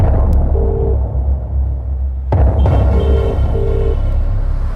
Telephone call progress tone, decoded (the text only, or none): ringback tone